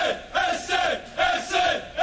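A group of football fans shouting together in loud, rhythmic bursts, about four chant-like surges over two seconds with brief dips between them, voices blending into a single raucous roar.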